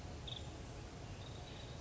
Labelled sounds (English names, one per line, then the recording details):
Nuttall's Woodpecker
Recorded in Sonoma County, California